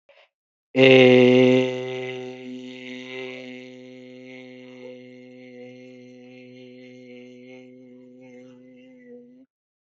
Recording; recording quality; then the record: sustained vowel as in made; excellent, no background noise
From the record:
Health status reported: healthy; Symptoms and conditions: cough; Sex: male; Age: 37 years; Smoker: not ticked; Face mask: not worn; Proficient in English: yes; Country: India